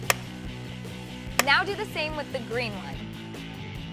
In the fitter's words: this pin threads through the lever then you click into place now